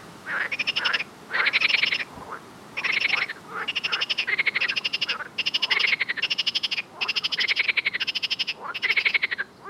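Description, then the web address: Frog calling in rapid, rasping pulsed croaks, bursts of about a second following each other almost without pause. "Soundscape Frog 1"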